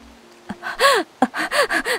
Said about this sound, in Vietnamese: Cô thở hổn hển gọi tiếp.